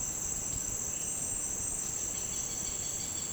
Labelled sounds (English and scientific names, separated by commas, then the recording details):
Southern Lapwing (Vanellus chilensis)
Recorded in secondary vegetation near Puerto Asís, Putumayo, Colombia, on 25 June 2025 at 09:00
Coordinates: 0.484, -76.319
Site G074